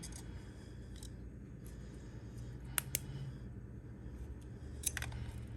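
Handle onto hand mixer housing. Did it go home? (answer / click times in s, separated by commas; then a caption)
no / none. A handle is lined up on the plastic housing of a Mixmaster Junior hand mixer and worked down toward its seat. Two sharp, brief plastic ticks come at about 2.8 and 2.9 seconds and a softer tap near 4.9 seconds, over a steady low hum. The handle has not seated or clicked into place yet.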